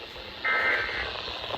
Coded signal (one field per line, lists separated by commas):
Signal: Emergency Alert System (SAME) tones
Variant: end-of-message bursts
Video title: NWS LWX Required Weekly Test On WXM42 & KHB36 (12/24/25, EAS #797 - #798, eve version)